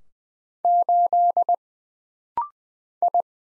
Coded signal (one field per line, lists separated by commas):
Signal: Morse code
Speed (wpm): 20 wpm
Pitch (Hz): 700 Hz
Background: none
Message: 8 I